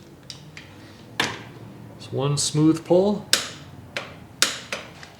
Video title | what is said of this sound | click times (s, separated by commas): Build Project 1: Harley-Davidson M8 107 to 124 Part 3: Finish the Engine and Dyno Tune | till it clicks | 4.4 s